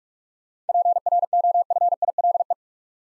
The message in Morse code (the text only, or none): PROFILE